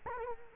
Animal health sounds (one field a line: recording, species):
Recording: mosquito wingbeat signal from an infrared sensor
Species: Culex quinquefasciatus